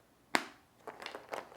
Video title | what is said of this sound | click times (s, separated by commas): Charlees Props takes a look at the new style pixels from Magical Light Shows and Daniel LED | at the back so it just Clips right in you could probably hear it click | 0.3 s